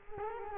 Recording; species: mosquito wingbeat signal from an infrared sensor; Culex quinquefasciatus